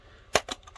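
A plastic fold-out wheel latch on the chassis of a Playmobil Back to the Future DeLorean toy car is released from its locked position. Over a quiet background, a sharp plastic snap rings out at 0.4 s, followed by a softer second snap at 0.5 s and a few faint ticks. The latch clicks open and the wheel is released.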